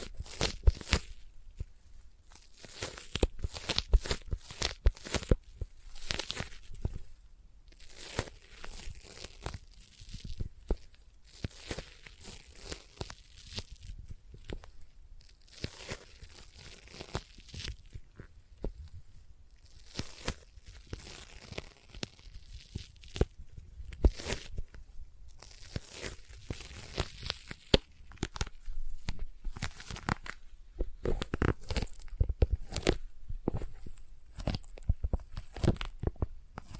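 Sticky tapping and peeling sounds crackle in dense, irregular bursts throughout, crisp and bright, with brief quieter gaps between rapid clusters of taps.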